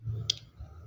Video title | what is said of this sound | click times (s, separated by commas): Cara pasang plat sekoci atau biasanya disebut kulit bawang pada mesin jahit #mesinjahit | yang penting dia sudah terkunci, udah menahan, sudah cukup. | 0.3 s